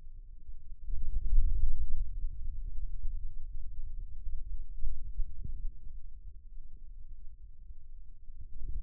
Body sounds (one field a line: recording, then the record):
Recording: forearm muscle sounds (acoustic myography)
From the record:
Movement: radial deviation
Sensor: system 2, bracelet of six BSWA MPA416 microphones around the upper forearm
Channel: 1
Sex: male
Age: 22 years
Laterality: right